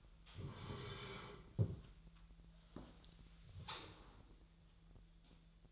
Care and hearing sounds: daily activity, microphone in the room; sit down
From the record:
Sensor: 3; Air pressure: 1001.9 hPa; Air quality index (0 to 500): 247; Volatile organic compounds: 125 ppm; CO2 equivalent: 3901 ppm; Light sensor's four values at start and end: 10/23/10/10 and 9/21/9/9

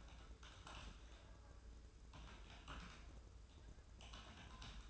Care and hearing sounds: daily activity, microphone in the room; typing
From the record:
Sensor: 2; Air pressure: 994.3 hPa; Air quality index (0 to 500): 210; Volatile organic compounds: 1000 ppm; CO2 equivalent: 6917 ppm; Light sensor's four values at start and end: 54/125/53/55 and 54/125/53/55

